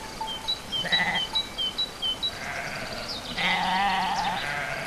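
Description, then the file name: Sheep bleating, a short bleat early then a longer wavering bleat, while small birds chirp in quick repeated notes through the first half. With birds at a farm on 29 April 2011. "oiseaux moutons chez le maitre 29 04 11"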